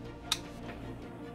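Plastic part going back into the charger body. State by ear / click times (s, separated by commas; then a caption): not seated / none. A plastic housing part of a payment-terminal charger, cleaned of rust, is set on its side the way it came out and pushed one side first back into the charger body during reassembly. A single sharp tap sounds at about 0.3 s over a steady low tonal background. Nothing has seated or clicked yet.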